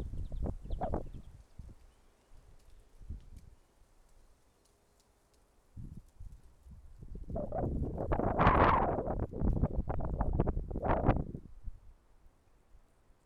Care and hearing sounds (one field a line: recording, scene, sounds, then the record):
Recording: everyday scene through a hearing-aid microphone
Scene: wind on the microphone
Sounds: wind, traffic, birds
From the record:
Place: suburban garden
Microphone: behind the ear, left, rear